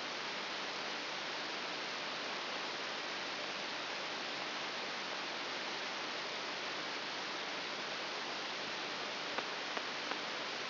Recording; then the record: brain microelectrode recording played as sound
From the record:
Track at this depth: outside the subthalamic nucleus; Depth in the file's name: 7.001 mm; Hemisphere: right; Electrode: 3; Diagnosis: Parkinson's disease